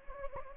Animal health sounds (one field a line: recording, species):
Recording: mosquito wingbeat signal from an infrared sensor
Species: Anopheles gambiae